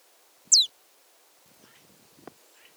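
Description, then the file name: Marsh tit call, a single loud high note sweeping sharply downward, followed by faint scattered ticks. "Poecile palustris"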